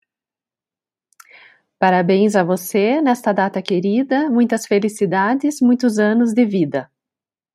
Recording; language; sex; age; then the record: short text; Brazilian Portuguese; female; 40 to 49 years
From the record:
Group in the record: control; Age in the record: 41 years